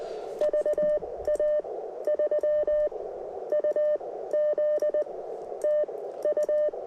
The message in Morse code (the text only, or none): VA3UZ TU